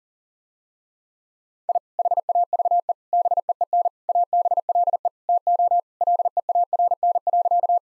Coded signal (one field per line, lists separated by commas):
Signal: Morse code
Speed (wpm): 37 wpm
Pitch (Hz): 700 Hz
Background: none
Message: I HAVE BEEN ABLE TO LEARN.